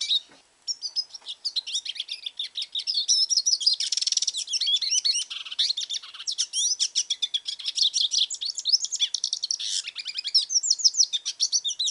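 Hooded siskin song, a sustained rush of high twittering, buzzy rattles and sliding whistled notes running almost the whole length.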